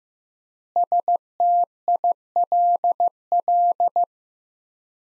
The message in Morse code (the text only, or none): STILL